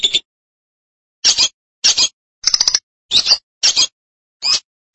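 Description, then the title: Lovebird harsh squawks, short scratchy bursts spaced roughly half a second to a second apart, one broken into quick stuttering pulses. "BM Suara Burung Lovebird"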